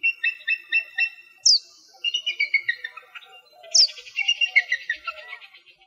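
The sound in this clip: Bald eagle calls: a few spaced high piping notes, then two sharp descending squeals, each trailing into a fast twittering run of notes.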